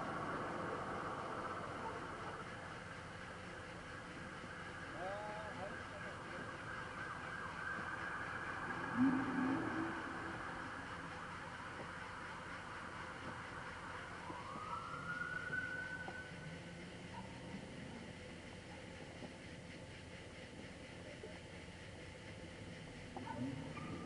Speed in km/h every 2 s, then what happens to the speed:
0, 0, 0, 0, 0, 0, 0, 0, 0, 0, 0, 0.
0-24 standing.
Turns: none.